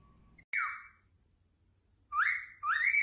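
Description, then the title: Cockatiel whistle: one loud falling note, a pause, then two rising swoops close together, against a faint low hum. Cockatiels singing and whistling. "Calopsitas Cantando Assobio"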